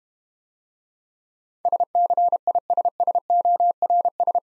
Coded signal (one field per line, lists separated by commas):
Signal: Morse code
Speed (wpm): 32 wpm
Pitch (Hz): 700 Hz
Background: none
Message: SCISSORS